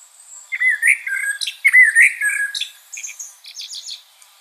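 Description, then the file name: Common blackbird song: two rich, slurred fluty phrases, each followed by thin high twittering, finishing with a short run of high chips. "Turdus merula"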